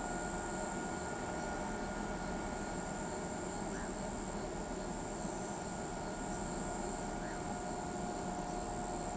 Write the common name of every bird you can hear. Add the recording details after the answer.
none. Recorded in pastures near Pivijay, Magdalena, Colombia, on 17 April 2023 at 00:30. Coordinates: 10.456, -74.369. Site P6-G026